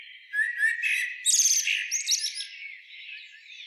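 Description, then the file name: Common blackbird, a brief rising warbled note leading into a dense squeaky twitter, fading to soft chatter. "Turdus merula"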